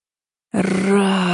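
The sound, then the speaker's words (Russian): A single loud, sustained roar voiced by a person imitating an enraged dragon very close by: a low, rough growl that bursts in after silence and holds steady without fading. “Рев разъяренного дракона и шум огромных крыльев раздались совсем близко, оглушая и даря надежду.”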